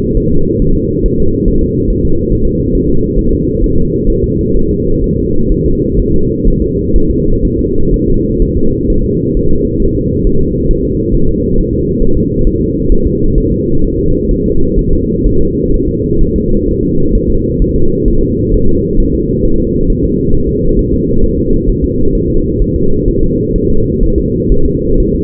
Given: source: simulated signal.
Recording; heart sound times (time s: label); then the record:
fetal heart sounds
0.17 s: S1
0.32 s: S2
0.62 s: S1
0.77 s: S2
1.06 s: S1
1.20 s: S2
1.48 s: S1
1.63 s: S2
1.90 s: S1
2.05 s: S2
2.32 s: S1
2.47 s: S2
2.75 s: S1
2.90 s: S2
3.19 s: S1
3.33 s: S2
3.64 s: S1
3.78 s: S2
4.10 s: S1
4.24 s: S2
4.57 s: S1
4.71 s: S2
5.04 s: S1
5.18 s: S2
5.52 s: S1
5.66 s: S2
6.00 s: S1
6.14 s: S2
6.48 s: S1
6.62 s: S2
6.96 s: S1
7.11 s: S2
7.45 s: S1
7.59 s: S2
7.94 s: S1
8.08 s: S2
8.42 s: S1
8.57 s: S2
8.90 s: S1
9.05 s: S2
9.37 s: S1
9.51 s: S2
9.82 s: S1
9.97 s: S2
10.27 s: S1
10.41 s: S2
10.71 s: S1
10.85 s: S2
11.15 s: S1
11.29 s: S2
11.58 s: S1
11.73 s: S2
12.02 s: S1
12.17 s: S2
12.47 s: S1
12.61 s: S2
12.92 s: S1
13.07 s: S2
13.38 s: S1
13.52 s: S2
13.84 s: S1
13.99 s: S2
14.31 s: S1
14.46 s: S2
14.79 s: S1
14.93 s: S2
15.27 s: S1
15.41 s: S2
15.74 s: S1
15.89 s: S2
16.22 s: S1
16.36 s: S2
16.69 s: S1
16.83 s: S2
17.15 s: S1
17.30 s: S2
17.62 s: S1
17.76 s: S2
18.08 s: S1
18.23 s: S2
18.54 s: S1
18.69 s: S2
19.00 s: S1
19.15 s: S2
19.45 s: S1
19.60 s: S2
19.90 s: S1
20.04 s: S2
20.34 s: S1
20.49 s: S2
20.79 s: S1
20.94 s: S2
21.24 s: S1
21.38 s: S2
21.69 s: S1
21.84 s: S2
22.15 s: S1
22.30 s: S2
22.62 s: S1
22.76 s: S2
23.08 s: S1
23.23 s: S2
23.56 s: S1
23.70 s: S2
24.03 s: S1
24.18 s: S2
24.52 s: S1
24.66 s: S2
25.00 s: S1
25.15 s: S2
From the record:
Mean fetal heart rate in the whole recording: 130 bpm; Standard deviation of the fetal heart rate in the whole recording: 4 bpm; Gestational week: 38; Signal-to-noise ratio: -17.7 dB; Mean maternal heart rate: 72 bpm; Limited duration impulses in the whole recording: present